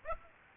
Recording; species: mosquito wingbeat signal from an infrared sensor; Aedes aegypti